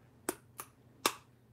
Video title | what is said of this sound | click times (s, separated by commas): EPIC Survival Gear Giveaway! Knives - Short Swords - & Swords | Got the brass button. Snaps in really, you hear that? | 0.3 s, 1.1 s